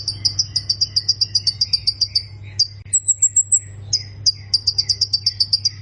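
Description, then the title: Plain prinia song: fast series of high buzzy ticking notes, broken by a thin higher whistled phrase midway, over a steady low hum. "Ciblek Sawah"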